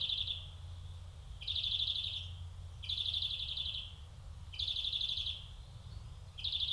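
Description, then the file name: European greenfinch repeating short, fast, buzzy trills roughly every one and a half seconds, five bursts in all, with a low constant rumble underneath. "Chloris chloris"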